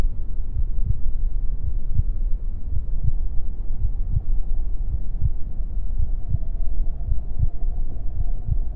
Heartbeat Sound | A Mother's Womb. The gentle thumping of my mother's heartbeat serves as the main focus, a steady rhythm that reverberates through the fluid-filled space. The world beyond the protective barrier of the womb is muffled and distant.